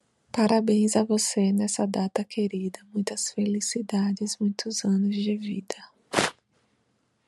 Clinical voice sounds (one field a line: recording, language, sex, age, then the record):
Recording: short text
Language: Brazilian Portuguese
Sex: female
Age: 30 to 39 years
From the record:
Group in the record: control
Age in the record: 36 years